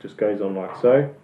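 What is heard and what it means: Someone talks while a dust cap for a Celestron RASA 8 telescope is handled onto the pins of a 3D-printed plastic mask fitted around the camera. No distinct click is heard, and nothing has seated or clicked into place yet.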